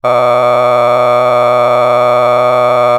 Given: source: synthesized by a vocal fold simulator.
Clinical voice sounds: sustained vowel; male; a random mix of aspiration noise, stiffness perturbation and strain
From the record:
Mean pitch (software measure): 123 Hz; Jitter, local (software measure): 1.90%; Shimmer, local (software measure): 7.5%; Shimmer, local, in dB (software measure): 0.68 dB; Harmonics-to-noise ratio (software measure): 12.8 dB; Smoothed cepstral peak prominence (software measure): 18.1 dB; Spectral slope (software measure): -14.9 dB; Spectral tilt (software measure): -10.9 dB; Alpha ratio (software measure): -5.4 dB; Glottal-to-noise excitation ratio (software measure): 0.988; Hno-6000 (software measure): 2.0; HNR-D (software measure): 24.5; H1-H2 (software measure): 1.9 dB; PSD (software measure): 1.6e-04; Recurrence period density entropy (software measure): 0.111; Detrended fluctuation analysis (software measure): 0.0326

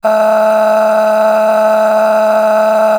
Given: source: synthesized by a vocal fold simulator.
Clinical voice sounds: sustained vowel; female; a random mix of aspiration noise, stiffness perturbation and strain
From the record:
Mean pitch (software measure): 216 Hz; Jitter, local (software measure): 1.68%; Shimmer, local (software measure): 11.5%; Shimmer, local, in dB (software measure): 1.01 dB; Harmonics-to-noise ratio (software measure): 12.9 dB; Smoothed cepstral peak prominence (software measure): 10.5 dB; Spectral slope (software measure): -21.7 dB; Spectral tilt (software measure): -8.5 dB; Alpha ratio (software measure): -12.2 dB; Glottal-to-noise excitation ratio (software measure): 0.832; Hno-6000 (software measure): 1.9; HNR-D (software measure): 34.1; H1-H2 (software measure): 4.7 dB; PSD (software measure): 7.0e-05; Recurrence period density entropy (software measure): 0.119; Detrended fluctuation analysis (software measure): 0.0171

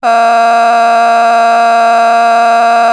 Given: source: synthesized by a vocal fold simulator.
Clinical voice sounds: sustained vowel; female; a random mix of aspiration noise, stiffness perturbation and strain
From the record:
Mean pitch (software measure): 232 Hz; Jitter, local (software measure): 1.26%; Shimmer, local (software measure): 4.5%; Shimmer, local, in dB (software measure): 0.40 dB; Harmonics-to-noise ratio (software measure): 16.8 dB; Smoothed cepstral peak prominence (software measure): 16.4 dB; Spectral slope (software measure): -17.7 dB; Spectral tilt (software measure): -8.2 dB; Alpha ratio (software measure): -8.2 dB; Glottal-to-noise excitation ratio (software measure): 0.959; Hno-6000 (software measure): 1.7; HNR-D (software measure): 38.0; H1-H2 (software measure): -3.7 dB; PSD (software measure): 6.5e-05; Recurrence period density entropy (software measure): 0.116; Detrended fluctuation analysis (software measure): 0.0095

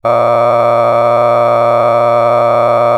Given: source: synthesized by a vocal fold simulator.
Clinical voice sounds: sustained vowel; male; a random mix of aspiration noise, stiffness perturbation and strain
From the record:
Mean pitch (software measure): 118 Hz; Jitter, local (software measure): 3.05%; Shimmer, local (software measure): 8.3%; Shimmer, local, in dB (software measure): 0.68 dB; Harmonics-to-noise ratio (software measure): 10.1 dB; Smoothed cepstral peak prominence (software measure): 15.8 dB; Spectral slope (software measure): -16.5 dB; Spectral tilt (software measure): -11.9 dB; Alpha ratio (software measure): -7.0 dB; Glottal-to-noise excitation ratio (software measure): 0.985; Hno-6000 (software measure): 2.3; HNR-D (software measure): 23.6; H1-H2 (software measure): 4.3 dB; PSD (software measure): 2.1e-04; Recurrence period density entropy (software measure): 0.107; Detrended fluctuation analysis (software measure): 0.0449

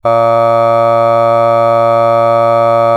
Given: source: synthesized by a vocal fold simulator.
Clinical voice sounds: sustained vowel; male; aspiration noise (breathiness), level 3 of 10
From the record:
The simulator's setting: 0.37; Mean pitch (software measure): 115 Hz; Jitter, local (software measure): 0.23%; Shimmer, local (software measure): 1.4%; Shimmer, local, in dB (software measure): 0.12 dB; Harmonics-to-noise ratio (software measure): 29.0 dB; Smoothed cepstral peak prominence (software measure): 21.8 dB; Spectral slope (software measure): -17.2 dB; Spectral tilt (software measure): -9.3 dB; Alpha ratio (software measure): -7.6 dB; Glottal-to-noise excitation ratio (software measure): 0.992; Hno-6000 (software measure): 2.4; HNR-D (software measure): 24.2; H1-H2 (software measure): 4.9 dB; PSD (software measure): 2.1e-05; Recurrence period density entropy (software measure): 0.108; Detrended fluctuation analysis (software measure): 0.0543

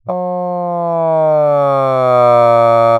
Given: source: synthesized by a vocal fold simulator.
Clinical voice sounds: sustained vowel; male; asymmetry, level 21 of 51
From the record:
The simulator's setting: 3.00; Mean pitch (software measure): 146 Hz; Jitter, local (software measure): 0.20%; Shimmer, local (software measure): 1.2%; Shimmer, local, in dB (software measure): 0.12 dB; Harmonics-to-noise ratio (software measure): 34.1 dB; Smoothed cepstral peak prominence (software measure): 23.8 dB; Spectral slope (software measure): -18.5 dB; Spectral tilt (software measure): -12.9 dB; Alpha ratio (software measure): -9.0 dB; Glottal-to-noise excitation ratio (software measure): 0.976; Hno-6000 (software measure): 2.8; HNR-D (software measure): 32.0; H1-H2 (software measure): 4.8 dB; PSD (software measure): 1.1e-03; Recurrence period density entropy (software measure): 0.107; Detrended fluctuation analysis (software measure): 0.0525

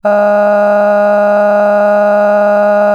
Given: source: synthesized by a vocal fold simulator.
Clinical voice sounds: sustained vowel; female; cycle-to-cycle stiffness perturbation (roughness), level 4 of 10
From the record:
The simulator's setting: 2.46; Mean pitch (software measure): 206 Hz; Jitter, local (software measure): 1.15%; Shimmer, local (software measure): 8.5%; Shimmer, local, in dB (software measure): 0.74 dB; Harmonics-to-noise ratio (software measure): 18.2 dB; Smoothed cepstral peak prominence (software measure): 17.1 dB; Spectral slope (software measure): -21.9 dB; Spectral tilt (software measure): -10.8 dB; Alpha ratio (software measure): -12.3 dB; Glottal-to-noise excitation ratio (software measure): 0.966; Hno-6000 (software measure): 2.6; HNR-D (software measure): 36.7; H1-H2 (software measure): 6.0 dB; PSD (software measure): 5.3e-05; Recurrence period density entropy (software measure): 0.121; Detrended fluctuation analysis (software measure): 0.0277

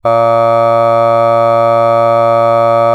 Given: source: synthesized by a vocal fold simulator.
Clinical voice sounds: sustained vowel; male; aspiration noise (breathiness), level 2 of 10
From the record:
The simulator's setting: 0.26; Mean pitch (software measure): 115 Hz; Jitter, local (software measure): 0.19%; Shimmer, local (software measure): 1.1%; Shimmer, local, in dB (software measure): 0.09 dB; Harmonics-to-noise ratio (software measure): 31.1 dB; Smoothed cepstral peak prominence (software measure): 22.6 dB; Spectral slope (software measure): -17.2 dB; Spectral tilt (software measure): -9.4 dB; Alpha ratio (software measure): -7.6 dB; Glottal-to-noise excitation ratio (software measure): 0.993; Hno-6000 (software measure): 2.5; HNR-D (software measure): 24.3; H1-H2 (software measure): 4.9 dB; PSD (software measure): 1.9e-05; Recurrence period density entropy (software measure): 0.109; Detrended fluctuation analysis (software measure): 0.0547

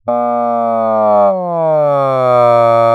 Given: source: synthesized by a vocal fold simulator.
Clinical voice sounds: sustained vowel; male; asymmetry, level 37 of 51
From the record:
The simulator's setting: 4.60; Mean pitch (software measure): 125 Hz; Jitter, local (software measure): 0.24%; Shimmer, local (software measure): 1.2%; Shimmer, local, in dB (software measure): 0.15 dB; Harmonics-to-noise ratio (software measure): 30.4 dB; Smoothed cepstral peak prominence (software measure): 23.1 dB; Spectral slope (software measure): -18.9 dB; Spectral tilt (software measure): -13.0 dB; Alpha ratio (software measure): -9.3 dB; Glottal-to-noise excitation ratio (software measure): 0.961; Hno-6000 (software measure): 2.7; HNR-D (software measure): 27.3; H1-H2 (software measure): -3.9 dB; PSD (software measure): 1.2e-03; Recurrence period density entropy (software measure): 0.113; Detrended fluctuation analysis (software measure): 0.0465

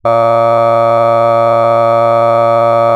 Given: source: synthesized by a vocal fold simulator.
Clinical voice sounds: sustained vowel; male; cycle-to-cycle stiffness perturbation (roughness), level 4 of 10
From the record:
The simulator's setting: 2.05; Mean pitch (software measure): 115 Hz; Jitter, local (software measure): 1.06%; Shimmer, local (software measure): 4.1%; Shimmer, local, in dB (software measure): 0.36 dB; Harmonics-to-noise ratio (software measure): 18.9 dB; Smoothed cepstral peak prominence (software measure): 21.0 dB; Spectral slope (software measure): -17.1 dB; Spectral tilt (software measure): -11.2 dB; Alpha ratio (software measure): -7.6 dB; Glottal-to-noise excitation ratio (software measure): 0.995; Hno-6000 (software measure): 2.4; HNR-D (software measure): 23.7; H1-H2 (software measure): 4.9 dB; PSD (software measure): 7.6e-05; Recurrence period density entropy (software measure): 0.108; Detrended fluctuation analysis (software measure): 0.0544

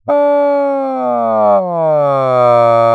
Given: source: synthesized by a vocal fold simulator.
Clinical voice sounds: sustained vowel; male; asymmetry, level 51 of 51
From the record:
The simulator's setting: 6.00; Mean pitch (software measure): 169 Hz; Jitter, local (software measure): 0.37%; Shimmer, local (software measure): 2.1%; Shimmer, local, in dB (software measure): 0.18 dB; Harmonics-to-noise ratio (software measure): 28.7 dB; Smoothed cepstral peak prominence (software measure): 22.1 dB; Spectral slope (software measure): -19.7 dB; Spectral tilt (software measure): -13.0 dB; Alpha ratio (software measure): -10.2 dB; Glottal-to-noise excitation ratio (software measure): 0.947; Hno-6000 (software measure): 2.6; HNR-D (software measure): 27.5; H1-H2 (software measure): -5.9 dB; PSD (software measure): 2.3e-03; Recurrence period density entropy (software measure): 0.112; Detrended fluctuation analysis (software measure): 0.0379

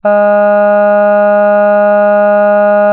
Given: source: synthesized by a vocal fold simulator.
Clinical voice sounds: sustained vowel; female; none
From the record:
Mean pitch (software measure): 206 Hz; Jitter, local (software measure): 0.19%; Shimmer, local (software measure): 1.4%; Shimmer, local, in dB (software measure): 0.12 dB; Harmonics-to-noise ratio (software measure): 31.6 dB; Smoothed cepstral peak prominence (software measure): 18.9 dB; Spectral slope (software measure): -21.9 dB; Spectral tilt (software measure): -8.6 dB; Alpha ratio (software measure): -12.4 dB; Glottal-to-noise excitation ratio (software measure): 0.975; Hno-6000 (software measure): 2.5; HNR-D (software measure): 39.9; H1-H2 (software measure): 9.5 dB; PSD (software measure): 1.6e-05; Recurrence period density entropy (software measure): 0.130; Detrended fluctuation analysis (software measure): 0.0274

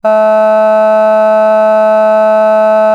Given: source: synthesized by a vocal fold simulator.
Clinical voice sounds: sustained vowel; female; vocal strain, level 2 of 10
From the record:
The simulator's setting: 0.11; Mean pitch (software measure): 216 Hz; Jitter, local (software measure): 0.16%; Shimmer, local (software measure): 1.1%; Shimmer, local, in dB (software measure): 0.09 dB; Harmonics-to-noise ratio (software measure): 33.7 dB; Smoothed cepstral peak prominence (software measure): 19.5 dB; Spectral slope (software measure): -23.1 dB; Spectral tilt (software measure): -8.6 dB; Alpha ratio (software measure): -13.6 dB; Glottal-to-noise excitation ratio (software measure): 0.982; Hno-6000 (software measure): 2.4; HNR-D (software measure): 40.6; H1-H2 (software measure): 8.5 dB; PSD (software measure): 1.6e-05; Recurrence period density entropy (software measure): 0.131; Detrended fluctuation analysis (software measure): 0.0159

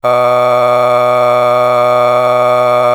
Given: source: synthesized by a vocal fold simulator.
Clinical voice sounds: sustained vowel; male; a random mix of aspiration noise, stiffness perturbation and strain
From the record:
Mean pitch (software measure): 123 Hz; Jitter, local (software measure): 0.96%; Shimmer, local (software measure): 6.8%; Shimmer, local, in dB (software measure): 0.60 dB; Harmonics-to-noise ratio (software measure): 15.5 dB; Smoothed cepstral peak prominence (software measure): 17.3 dB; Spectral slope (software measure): -14.8 dB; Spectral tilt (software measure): -9.7 dB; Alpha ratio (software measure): -5.3 dB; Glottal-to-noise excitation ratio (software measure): 0.953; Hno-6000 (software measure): 2.1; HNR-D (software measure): 28.3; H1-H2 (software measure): 1.6 dB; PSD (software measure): 9.1e-05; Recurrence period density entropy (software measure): 0.114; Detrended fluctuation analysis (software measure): 0.0319

